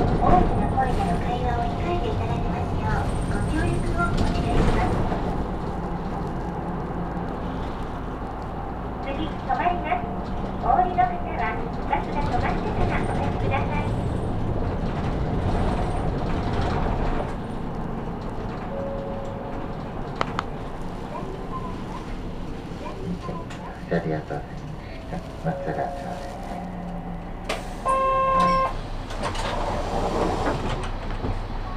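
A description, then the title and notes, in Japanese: A Saihi bus rides toward Sasebo Station, its low engine rumble steady under passengers' voices, with a brief bright chime near twenty-eight seconds. 西肥バス 弓張岳展望台→佐世保駅。続々と佐世保市内に向かう人が乗ってきます。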